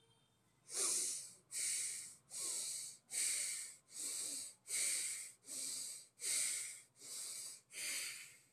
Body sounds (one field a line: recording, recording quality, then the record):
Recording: shallow breathing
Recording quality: excellent, no background noise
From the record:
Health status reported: COVID-19 positive, mild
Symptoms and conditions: cough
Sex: male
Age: 26 years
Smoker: not ticked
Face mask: not worn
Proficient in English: yes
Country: India